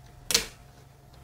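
A replacement PC power-switch unit with its cable facing left is pushed into the switch mount of the PC case. A single sharp, short click sounds at 0.3 s, and the switch is seated and installation is complete.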